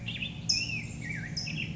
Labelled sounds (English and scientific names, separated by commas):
California Towhee (Melozone crissalis)